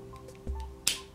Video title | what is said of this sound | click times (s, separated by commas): Fantascraft Iron Man Mark L 1:12 Scale | Το ακούσατε αυτό το κλακ? | 0.9 s